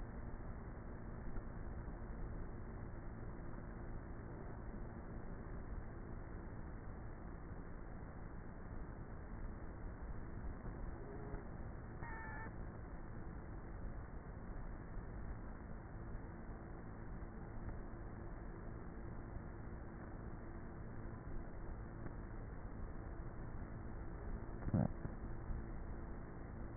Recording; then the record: honeybee colony, microphone inside the hive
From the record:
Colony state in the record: queenless with a low population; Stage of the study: before two queens were removed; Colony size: about 30,000 bees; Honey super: no